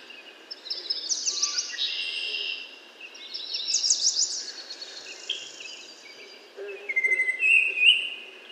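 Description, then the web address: American yellow warbler singing two quick, sweet, high-pitched phrases of rapid notes, followed by a thin whistled call near the end. "American Yellow Warbler Setophaga aestiva. 2023 05 06 yellow-warbler"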